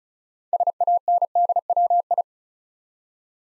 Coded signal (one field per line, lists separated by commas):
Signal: Morse code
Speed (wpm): 36 wpm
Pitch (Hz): 700 Hz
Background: none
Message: SANDWI